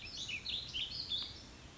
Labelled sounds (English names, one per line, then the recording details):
Warbling Vireo
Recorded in Sonoma County, California